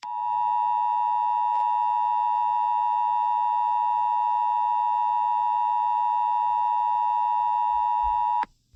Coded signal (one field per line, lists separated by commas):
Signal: Emergency Alert System (SAME) tones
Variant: 853 and 960 Hz attention tone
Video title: EAS SCENARIO 22: Wenda's Revenge 2